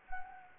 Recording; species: mosquito wingbeat signal from an infrared sensor; Anopheles gambiae